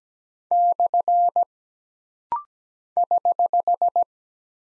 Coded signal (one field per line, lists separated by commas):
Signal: Morse code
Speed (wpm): 17 wpm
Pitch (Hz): 700 Hz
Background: none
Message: / <HH>